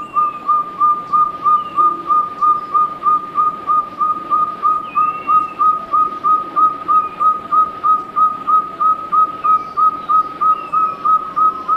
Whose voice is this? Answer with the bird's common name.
Chestnut-bellied Partridge